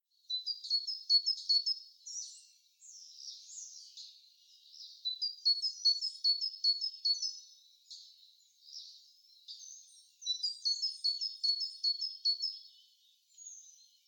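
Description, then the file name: Great tit song: high, clear two-note phrases repeated rapidly in bursts of about two seconds, with brief pauses and softer chattering notes between bursts. "Parus major"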